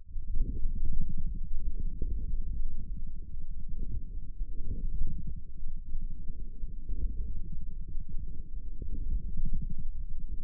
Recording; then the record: forearm muscle sounds (acoustic myography)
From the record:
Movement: forearm supination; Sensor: system 1, eight BSWA MPA416 microphones around the upper forearm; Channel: 8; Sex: male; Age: 28 years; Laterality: right